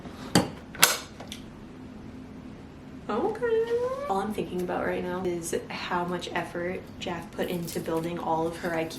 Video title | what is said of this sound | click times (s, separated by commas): OUR BIRTH HOSPITAL BAG REGRETS - What We Will Pack & NOT Pack Next Baby - Unboxing Her High Chair! | Oh, these things just like click into place. | 0.4 s, 0.8 s